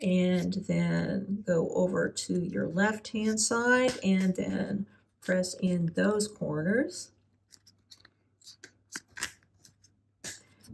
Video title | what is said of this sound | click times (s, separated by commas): RHINOSHIELD JellyTint iPhone 15 Pro / Max: Cool Prints * 11 ft Drop Protective * Translucent Colors! | and then just keep on going around the edges till everything is snapped into place | 8.6 s, 9.0 s, 9.2 s